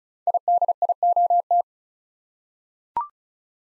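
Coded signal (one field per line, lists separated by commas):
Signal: Morse code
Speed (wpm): 36 wpm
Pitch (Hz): 700 Hz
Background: none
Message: IDIOT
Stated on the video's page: Morse practice sending 5-letter words at 35 wpm, each word sent twice for head-copy training.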